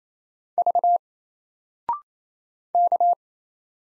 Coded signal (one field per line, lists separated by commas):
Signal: Morse code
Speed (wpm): 28 wpm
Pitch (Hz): 700 Hz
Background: none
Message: V K